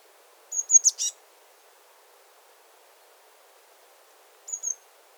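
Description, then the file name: Eurasian blue tit calling: a thin high note followed by a short burst of buzzy, scratchy notes, then a brief second high note near the end; otherwise quiet. "Cyanistes caeruleus"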